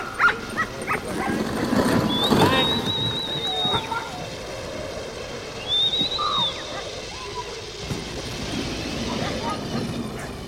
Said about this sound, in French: dans des paysages troublés par les seuls aboiements de la meute et du hurlement des loups qui attendent la nuit.